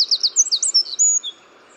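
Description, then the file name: Eurasian wren song: a rapid burst of very high, sharp notes followed by brief thin whistles, then silence. "Troglodytes troglodytes"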